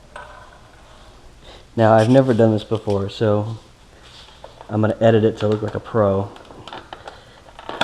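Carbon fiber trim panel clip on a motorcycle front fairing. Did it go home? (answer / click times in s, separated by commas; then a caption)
released / 7.8 s. On a 2013+ Triumph Daytona 675R, a carbon fiber trim panel on the front fairing is pulled free of its clip to reach the headlight bulbs while someone talks. A few faint clicks come near the end, then a loud, sharp snap at 7.8 s as the clip releases and the panel comes loose.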